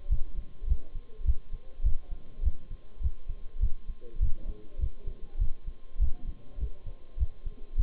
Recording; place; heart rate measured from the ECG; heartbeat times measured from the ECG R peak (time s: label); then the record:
heart sounds by stethoscope; between the tricuspid and mitral areas; 102 bpm
0.11 s: heartbeat
0.69 s: heartbeat
1.27 s: heartbeat
1.85 s: heartbeat
2.44 s: heartbeat
3.03 s: heartbeat
3.62 s: heartbeat
4.21 s: heartbeat
4.80 s: heartbeat
5.40 s: heartbeat
6.00 s: heartbeat
6.60 s: heartbeat
7.19 s: heartbeat
7.78 s: heartbeat
From the record:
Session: Bruce protocol treadmill stress test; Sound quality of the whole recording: partially saturated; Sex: male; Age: 23 years